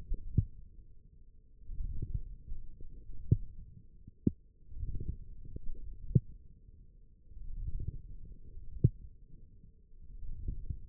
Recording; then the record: forearm muscle sounds (acoustic myography)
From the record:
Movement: forearm pronation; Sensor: system 1, eight BSWA MPA416 microphones around the upper forearm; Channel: 4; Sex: male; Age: 20 years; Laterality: left